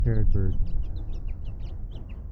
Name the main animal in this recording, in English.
House Finch